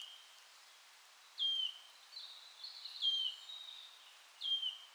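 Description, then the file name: Wood warbler sounding three brief, descending piping whistles, separated by a fluttering twitter from another bird. "sisego fuzike hangja"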